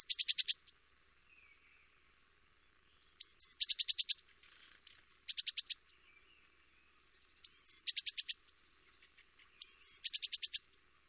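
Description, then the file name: Eurasian blue tit repeating dense buzzy trills at short, irregular intervals, some preceded by thin high notes, with a faint high tone between some phrases. "Cyanistes caeruleus"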